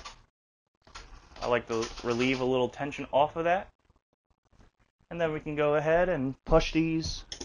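Someone talks while handling the folding support arms under the raised bed of a 2020 Jayco Octane 222, preparing to push them back up and lock them into their brackets. Nothing has seated or clicked yet.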